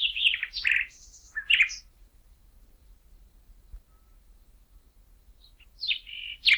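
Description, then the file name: Common nightingale song: loud, varied chirps in the first two seconds, a long silence, then a fresh phrase starting. "Luscinia megarhynchos"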